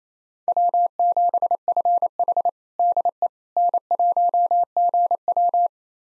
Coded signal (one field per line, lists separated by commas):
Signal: Morse code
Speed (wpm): 28 wpm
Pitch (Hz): 700 Hz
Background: none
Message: W7FH DE N1GW